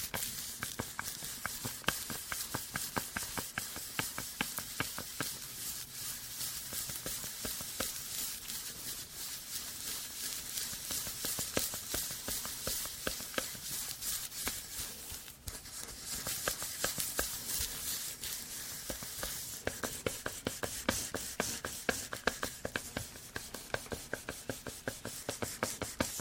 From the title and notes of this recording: Doing Your Night Skincare Fast & Aggressive (layered sound, tapping, hair brushing, no talking).